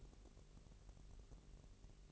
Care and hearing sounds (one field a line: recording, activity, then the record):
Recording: daily activity, microphone in the room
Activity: take from stove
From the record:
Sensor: 4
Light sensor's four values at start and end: 6/14/6/6 and 6/14/6/6